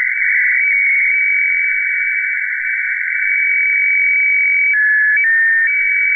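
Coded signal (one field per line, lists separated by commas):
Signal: weather fax (radiofax)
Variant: FAX 120/576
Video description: Reception of HLL2 Seoul Meteo (Seoul, South Korea) on 9165 khz (FAX 120/576)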